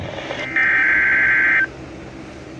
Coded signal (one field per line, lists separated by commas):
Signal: Emergency Alert System (SAME) tones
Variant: header bursts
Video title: ILX Caught Slipping | EAS Tests From 4/27/2022 (EAS #1,415-1,422)